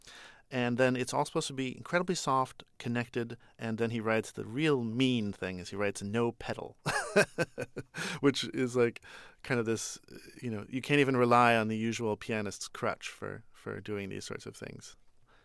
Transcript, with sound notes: And then it's all supposed to be incredibly soft, connected, and then he writes - the real mean thing is he writes no pedal...
(LAUGHTER)
...which is like kind of this - you know, you can't even rely on the usual pianist's crutch for doing these sorts of things.